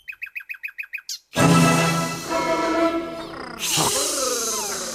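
A nightingale sings a rapid run of about eight identical sharp, high notes, then bursts into a loud, full-bodied stream of rich warbling phrases with trills and sweeping whistles.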